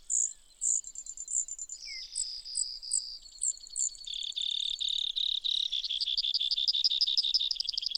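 Brewer's sparrow song: long varied sequence of high chips and buzzy trills, settling into a fast, even pulsed trill that runs to the end.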